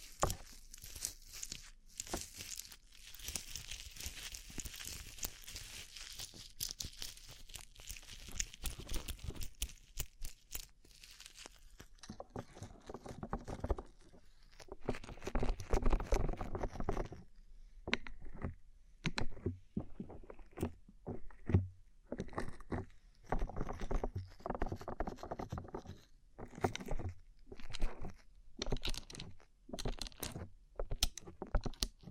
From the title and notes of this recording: ASMR Rhinestone Covered Tapping 3Dio (No Talking).